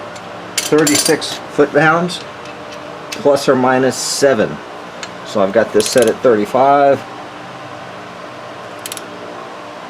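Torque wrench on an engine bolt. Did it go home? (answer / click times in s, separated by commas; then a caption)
yes / 8.9 s, 9.0 s. Someone talks while a click-type torque wrench set to 35 ft-lb is pulled on a bolt during an accessory belt change on a 3.8 V6, then quiet, light clicks come at 8.9, 8.9 and 9.0 seconds. The wrench reaches its setting and clicks, though not very loudly, and is meant to be pulled until it clicks and then stopped.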